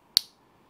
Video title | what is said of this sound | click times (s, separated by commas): shop gld 19mm pronge cuban link bracelet compared to driptalkjewelry 19mm pronge cuban link bracelet | y'all heard that snap | 0.2 s